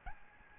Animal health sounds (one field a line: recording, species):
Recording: mosquito wingbeat signal from an infrared sensor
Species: Aedes albopictus